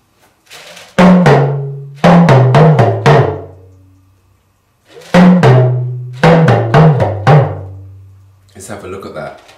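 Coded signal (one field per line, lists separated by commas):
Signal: talking drum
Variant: Yoruba dundun, English speech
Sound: two phrases of about six resonant low drum strokes, pitch rising and falling like speech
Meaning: A greeting asking how the listener is today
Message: hello how are you today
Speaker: we can speak in any language let's try something in English hello how are you today let's have a look at that hello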